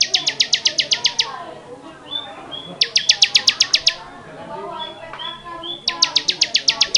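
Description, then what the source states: Bar-winged prinia delivering fast, even trains of sharp ticking notes, three bursts separated by pauses with soft whistles and chatter. Long-duration recording; song style called 'ngebren'.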